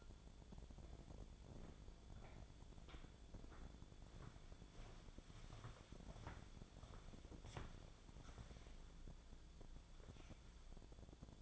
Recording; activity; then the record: daily activity, microphone in the room; walk to room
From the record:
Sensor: 5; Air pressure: 1000.0 hPa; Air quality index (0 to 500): 86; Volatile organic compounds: 1 ppm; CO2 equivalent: 708 ppm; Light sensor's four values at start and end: 378/938/393/441 and 384/937/398/448